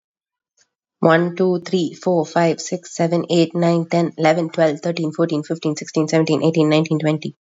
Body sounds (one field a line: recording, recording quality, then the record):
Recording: counting at a fast pace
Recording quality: excellent, no background noise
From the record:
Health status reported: COVID-19 positive, mild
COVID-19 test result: positive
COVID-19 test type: RT-PCR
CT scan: not taken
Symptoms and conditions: cough, sore throat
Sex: female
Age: 24 years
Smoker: no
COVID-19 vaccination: both doses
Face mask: not worn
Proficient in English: yes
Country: India